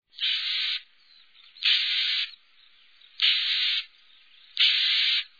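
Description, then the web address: Eurasian blue tit: four harsh, hissing bursts, each somewhat over half a second long, repeated roughly every one and a half seconds. "chants et cris mesangebleue"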